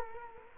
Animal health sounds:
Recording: mosquito wingbeat signal from an infrared sensor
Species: Culex quinquefasciatus

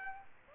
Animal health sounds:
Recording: mosquito wingbeat signal from an infrared sensor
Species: Aedes aegypti

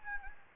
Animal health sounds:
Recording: mosquito wingbeat signal from an infrared sensor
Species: Anopheles gambiae

